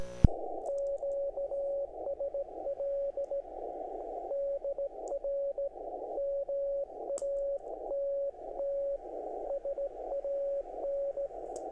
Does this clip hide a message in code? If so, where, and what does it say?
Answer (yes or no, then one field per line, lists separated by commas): yes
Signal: Morse code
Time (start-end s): 0.7-11.3 s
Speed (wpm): 17 wpm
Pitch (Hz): 560 Hz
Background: none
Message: QSL DR MATT SAN